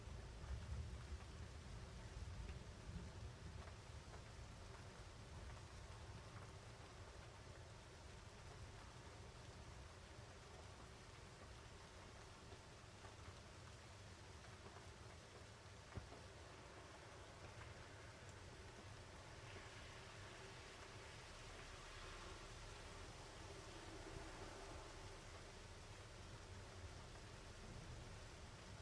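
A mountain rainstorm recorded from a window, its steady, dense hiss over a low rumble, with a single sharp tap near sixteen seconds.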